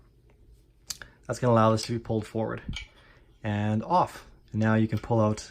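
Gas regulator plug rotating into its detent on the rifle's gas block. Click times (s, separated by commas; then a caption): 0.9 s. A flat-head screwdriver turns the gas regulator plug at the top of a FAMAE SG 542 rifle, rotating it on its gas block until the arrow faces forwards. A sharp click at 0.9 s marks the plug seating into its detent, followed by someone talking.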